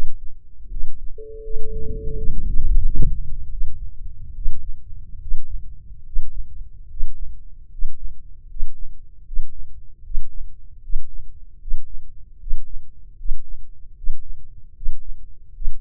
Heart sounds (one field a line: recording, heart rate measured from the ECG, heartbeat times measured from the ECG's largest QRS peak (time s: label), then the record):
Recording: heart sounds by microphone in the left ear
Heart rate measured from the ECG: 77 bpm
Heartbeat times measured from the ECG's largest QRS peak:
0.68 s: heartbeat
1.41 s: heartbeat
2.15 s: heartbeat
2.83 s: heartbeat
3.48 s: heartbeat
4.34 s: heartbeat
5.19 s: heartbeat
6.03 s: heartbeat
6.87 s: heartbeat
7.68 s: heartbeat
8.46 s: heartbeat
9.23 s: heartbeat
10.01 s: heartbeat
10.80 s: heartbeat
11.57 s: heartbeat
12.37 s: heartbeat
13.15 s: heartbeat
13.93 s: heartbeat
14.72 s: heartbeat
15.51 s: heartbeat
From the record:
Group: healthy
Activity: breath hold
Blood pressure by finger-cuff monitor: 117/73 mmHg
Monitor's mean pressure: 84 mmHg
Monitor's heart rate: 77 bpm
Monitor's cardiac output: 6.3 L/min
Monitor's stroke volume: 82 mL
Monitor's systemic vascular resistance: 980 dyn s/cm5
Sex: male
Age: 21 years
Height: 180 cm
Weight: 67.5 kg